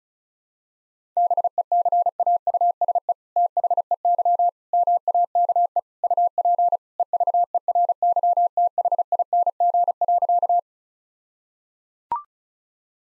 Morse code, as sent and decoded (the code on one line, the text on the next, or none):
-... . -.-. .- ..- ... . / - .... . -.-- / -- .- -.- . / ..- .--. / . ...- . .-. -.-- - .... .. -. --. .-.-.-
BECAUSE THEY MAKE UP EVERYTHING.